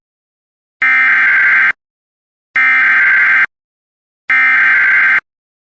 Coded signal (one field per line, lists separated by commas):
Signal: Emergency Alert System (SAME) tones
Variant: header bursts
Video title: Some EAS alerts for the East Palestine, Ohio Train Derailment.